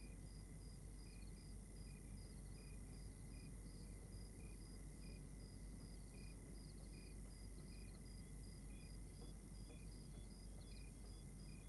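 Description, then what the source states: Cricket: steady night chorus of crickets, short high chirps pulsing regularly at different pitches, over a constant whine and heavy low rumble. Exterior night ambience recorded in Rwanda.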